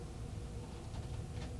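The colored base grip of a dry-powder inhaler is twisted in the first direction on the inhaler body to load a dose, giving only faint scraping under a steady low rumble. Nothing has clicked yet; the loading click comes with the return twist.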